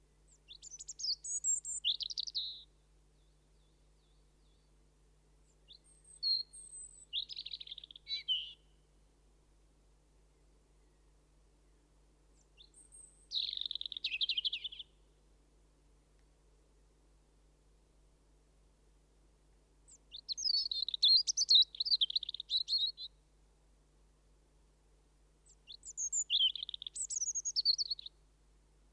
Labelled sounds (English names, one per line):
European Robin song